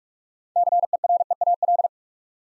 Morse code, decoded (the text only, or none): CEREAL